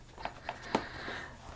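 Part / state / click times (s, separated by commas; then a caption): plastic fairing panel into motorcycle body mount / seated / 0.8 s. A new plastic motorcycle fairing panel, fitted only after a hard struggle, is pushed onto its mount on the motorcycle body. Two lighter taps at about 0.2 and 0.5 seconds lead up to a sharp click at 0.8 seconds as the panel locks into place. The panel is seated and confirmed locked.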